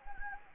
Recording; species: mosquito wingbeat signal from an infrared sensor; Anopheles gambiae